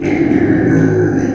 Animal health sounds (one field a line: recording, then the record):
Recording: squeal of a Yucatan mini pig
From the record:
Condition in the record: before surgery on the right vocal fold (resection and tissue-engineered implant)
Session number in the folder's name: 3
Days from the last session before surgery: 0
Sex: female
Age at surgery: 19 weeks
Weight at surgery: 25 kg